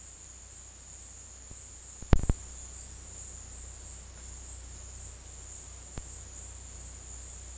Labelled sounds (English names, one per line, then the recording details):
none
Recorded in dense forest near Puerto Asís, Putumayo, Colombia, on 19 February 2024 at 13:30
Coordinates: 0.485, -76.322
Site G6406